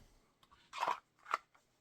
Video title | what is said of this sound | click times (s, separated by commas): Lets Make A 2 Piece Holster For A Sig XMACRO With TLR7 Sub! | hear that click | 1.3 s